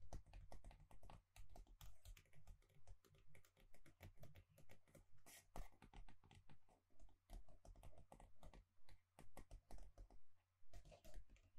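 Gentle tapping in quick, uneven clusters, much like fingers on a keyboard, with short pauses between bursts. Each tap is a crisp click with some brightness, steady in level throughout. A low, constant hum sits underneath the whole time.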